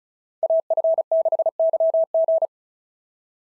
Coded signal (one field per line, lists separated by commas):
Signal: Morse code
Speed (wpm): 32 wpm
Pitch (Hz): 650 Hz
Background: none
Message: AF6YG